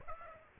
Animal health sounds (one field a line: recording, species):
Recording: mosquito wingbeat signal from an infrared sensor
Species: Aedes aegypti